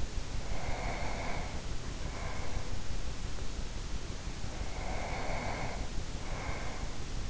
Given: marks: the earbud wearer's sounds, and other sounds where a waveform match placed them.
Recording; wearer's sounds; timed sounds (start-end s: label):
sounds in sleep by an in-ear microphone; breath
0.29-3.24 s: breath
4.45-7.30 s: breath